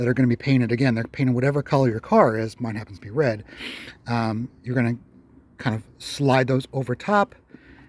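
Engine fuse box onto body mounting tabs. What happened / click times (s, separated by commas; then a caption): Handled, not yet seated: no click, only talk / none. A man talks while the black engine fuse box of a 2011–2014 Chrysler 200 is being put back during a driver's side headlight bulb change, to be slid over its mounting tabs beside the headlight, which are painted the car's body color, red on this car. Only speech is heard, and the fuse box has not yet seated or clicked into place.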